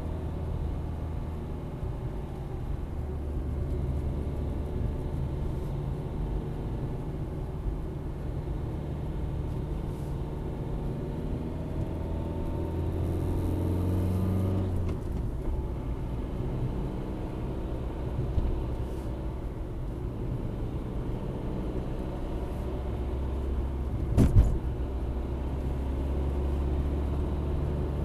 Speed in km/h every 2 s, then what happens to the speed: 37, 36, 36, 35, 36, 41, 45, 47, 49, 50, 48, 53, 55, 56.
0-7 steady at about 36. 7-28 speeds up to 56.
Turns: none.